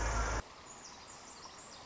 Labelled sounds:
Pacific Wren (Troglodytes pacificus)

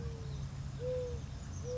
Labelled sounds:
Mourning Dove (Zenaida macroura)

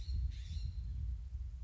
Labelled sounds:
California Scrub-Jay (Aphelocoma californica)

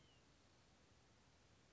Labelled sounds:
White-breasted Nuthatch (Sitta carolinensis)

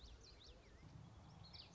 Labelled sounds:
Common Yellowthroat (Geothlypis trichas)

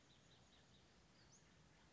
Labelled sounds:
Western Flycatcher (Empidonax difficilis)

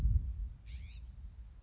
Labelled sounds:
California Scrub-Jay (Aphelocoma californica)

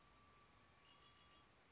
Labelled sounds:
Red-winged Blackbird (Agelaius phoeniceus)

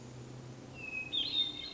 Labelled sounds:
Hermit Thrush (Catharus guttatus)

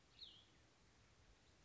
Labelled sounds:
Cassin's Vireo (Vireo cassinii)

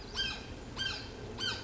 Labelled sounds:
Blue-gray Gnatcatcher (Polioptila caerulea)

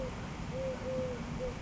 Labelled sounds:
Eurasian Collared Dove (Streptopelia decaocto)

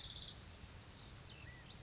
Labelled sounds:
California Quail (Callipepla californica)

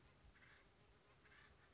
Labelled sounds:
Acorn Woodpecker (Melanerpes formicivorus)

